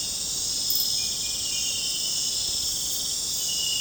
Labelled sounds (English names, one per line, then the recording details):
none
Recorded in pastures near Puerto Asís, Putumayo, Colombia, on 26 December 2024 at 22:00
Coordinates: 0.466, -76.322
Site G040